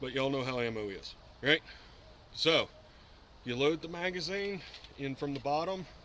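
A man talks while a pistol magazine loaded with six rounds is brought up to be pushed into the magazine well in the grip of a 1911-style pistol from the bottom. The clip ends just before the magazine goes home, so nothing has seated or clicked yet.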